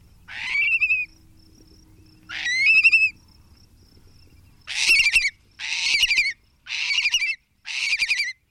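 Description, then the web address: Long-billed curlew calling: two whistled notes, then four harsher, buzzier calls spaced about a second apart, over a quiet background. "Thumbs Plus Zoo Field Guide Repository Sounds"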